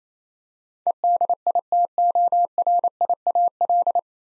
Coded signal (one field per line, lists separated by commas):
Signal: Morse code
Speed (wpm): 28 wpm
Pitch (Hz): 700 Hz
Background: none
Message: EDITORIAL